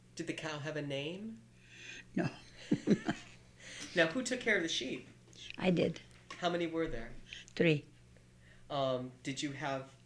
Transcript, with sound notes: Did the cow have a name?
No. ( she laughs )
Now, who took care of the sheep?
I did.
How many were there?
Three.
Did you have